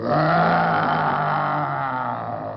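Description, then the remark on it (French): A huge bear grunts in one long, rough, throaty rumble that stays loud and steady for a few seconds. There are no voices. “Ah, prenez garde à quel énorme ours!”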